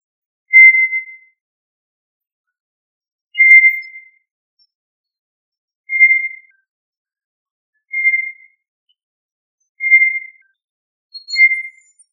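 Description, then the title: Tinamou giving short, pure, level whistles, six in all, spaced by silences of a few seconds. "Familia Tinamidae - Quail - Puyuh"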